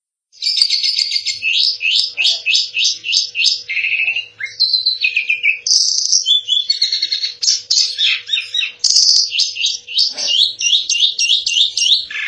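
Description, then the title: Starling song opening with a fast series of repeated chirping notes, then varied whistles, squeaky phrases and scratchy chatter delivered almost without pause. "Jalak"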